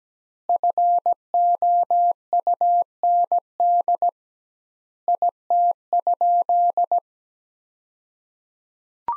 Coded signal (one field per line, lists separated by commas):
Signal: Morse code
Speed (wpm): 17 wpm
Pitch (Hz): 700 Hz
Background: none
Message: FOUND IT?